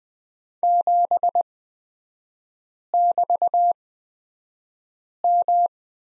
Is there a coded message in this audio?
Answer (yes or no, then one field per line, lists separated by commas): yes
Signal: Morse code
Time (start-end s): 0.6-5.7 s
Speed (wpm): 20 wpm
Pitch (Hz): 700 Hz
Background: none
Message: 7<BT>M